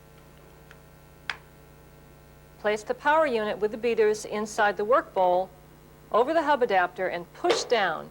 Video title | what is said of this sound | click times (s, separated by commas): Cuisinart: How to Use Your Food Processor (1995) | now click the beaters in place inside the white power unit like this | 1.3 s